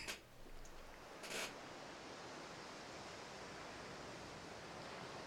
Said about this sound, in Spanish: ¿Se escucha la ola ahí de fondo? Sí. La ola del tema, ¿eh?